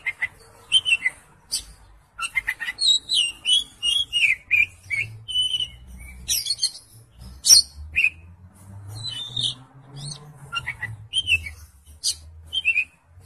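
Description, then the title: Oriental magpie-robin singing varied whistled and chirpy phrases in separated bursts, with a low hum in the background. "Kacer"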